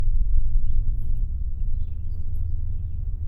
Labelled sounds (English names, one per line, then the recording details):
House Finch song
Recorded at WGilgo Beach on Long Island, New York, on 22 May 1975
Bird E